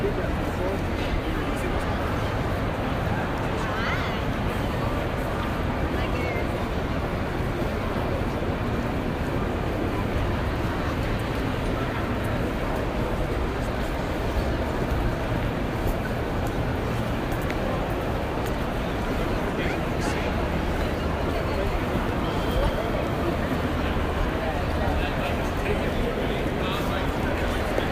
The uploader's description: Noises of streets, subway and museums in New York City